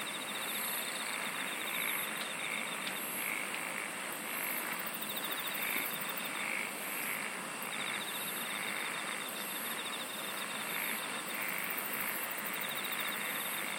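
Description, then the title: Insects in a dense chorus: a fast pulsed trill, high buzzy bursts repeated about every second, and a steady hissing drone underneath. "SINGING OF INSECTS"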